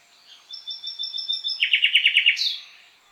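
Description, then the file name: Common nightingale song phrase: a row of thin, high repeated whistles, then about seven loud, rapid, downslurred notes ending in a brief buzzy flourish. No other sounds. "Luscinia megarhynchos"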